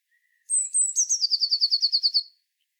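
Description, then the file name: Eurasian blue tit singing: two or three thin, very high introductory notes, then a fast, even trill of about a dozen lower notes, lasting under two seconds. "Cyanistes caeruleus"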